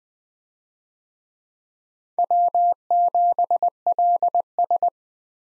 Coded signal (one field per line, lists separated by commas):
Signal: Morse code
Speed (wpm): 21 wpm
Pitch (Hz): 700 Hz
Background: none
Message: W7LS